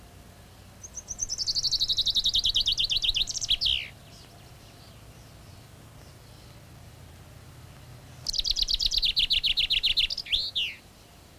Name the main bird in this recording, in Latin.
Fringilla coelebs